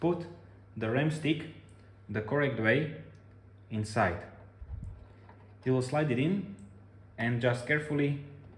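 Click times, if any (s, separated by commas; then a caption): none. A DDR4 RAM stick is handled and slid into the memory slot of a DSS7016D DR S2 server while someone talks. Nothing has seated or clicked yet; the clip ends before the module goes home.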